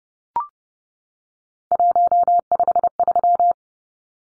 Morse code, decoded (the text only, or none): 153